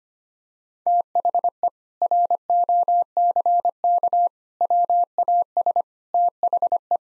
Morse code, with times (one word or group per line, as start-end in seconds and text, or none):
0.9-1.7 THE
2.0-4.3 ROCK
4.6-5.8 WAS
6.1-7.0 THE